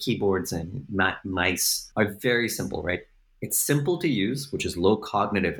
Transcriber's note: none